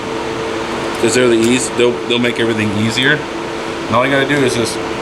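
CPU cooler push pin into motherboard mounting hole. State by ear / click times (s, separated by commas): not seated / none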